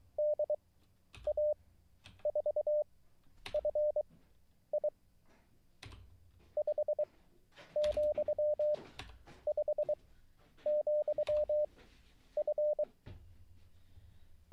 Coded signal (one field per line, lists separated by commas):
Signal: Morse code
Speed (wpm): 23 wpm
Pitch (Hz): 600 Hz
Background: none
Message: DA4FI 5,5,F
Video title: How to REMEMBER Morse Code LIVE with N0SSC (Day 29)